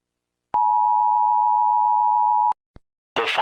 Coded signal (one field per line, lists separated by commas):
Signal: Emergency Alert System (SAME) tones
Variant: 853 and 960 Hz attention tone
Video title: EAS scenario: █ █ █ █ █ █